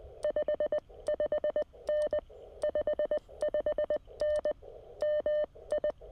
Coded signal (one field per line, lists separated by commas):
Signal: Morse code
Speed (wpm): 20 wpm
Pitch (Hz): 600 Hz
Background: none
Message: 55N 55N MI